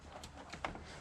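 A rubber spark plug wire boot is pressed down onto a spark plug on a 1996–2001 Toyota Camry V6 (1MZ-FE). A few faint ticks come before a sharp, distinct click at about 0.7 s, as the boot bottoms out and grips the plug. The boot is confirmed seated.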